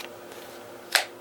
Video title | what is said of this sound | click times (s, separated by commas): Knife Review: Ka-Bar MSM Knife 001 (Mil-Spec Monkey collaboration) | very positive click when the blade goes in no rattling at all | 1.0 s